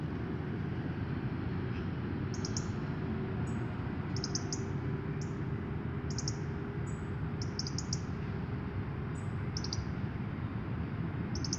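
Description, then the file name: European robin ticking in short high bursts, a thin whistle among them, every second or two, over a louder continuous low drone. "Erithacus rubecula"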